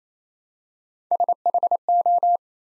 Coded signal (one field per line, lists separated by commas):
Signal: Morse code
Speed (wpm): 27 wpm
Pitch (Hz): 700 Hz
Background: none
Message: SHO